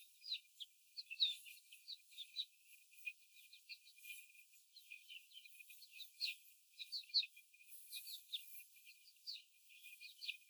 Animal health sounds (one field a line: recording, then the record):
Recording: young laying hens in a cage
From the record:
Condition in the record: after the stressor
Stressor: simulated dog barking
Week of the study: 4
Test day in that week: 1